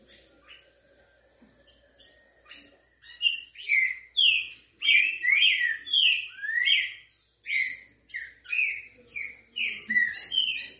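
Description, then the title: Green-winged Saltator singing a long run of loud, full whistled notes, some slurring down, some rising, after a quiet start with faint chips. Song in the local style called canto grego mole com boi. "Canto De Trinca Ferro. TRINCA=FERRO CANTO GREGO MOLE COM BOI"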